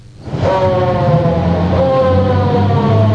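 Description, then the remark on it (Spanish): An ambulance siren starts after a brief pause and holds steady and loud, a bright, harmonic wailing tone riding over a low, rumbling vehicle engine. “Están atrás de la ambulancia.”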